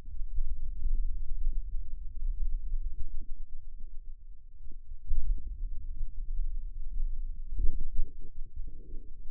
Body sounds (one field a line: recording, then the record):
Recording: forearm muscle sounds (acoustic myography)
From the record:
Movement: hand opening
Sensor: system 2, bracelet of six BSWA MPA416 microphones around the upper forearm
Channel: 6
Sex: male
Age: 22 years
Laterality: right